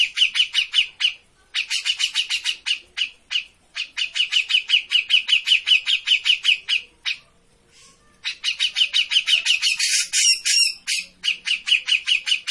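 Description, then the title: Grey-cheeked bulbul chattering in long rapid series of grating notes, with a few brief pauses. Made as a master (masteran) for training cage birds; bird in lively vocal form (gacor). "Cucak Jenggot Gacor. Masteran burung cucak jenggot ! Suaka burung"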